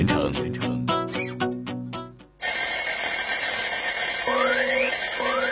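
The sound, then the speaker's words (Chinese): A plucked, chiming melody plays for a couple of seconds, then cuts abruptly to a loud, continuous morning alarm clock ringing with shrill high tones and repeated rising electronic chirps. “关上了闹钟，我伸一个懒腰，我要对全世界说一声早上好。”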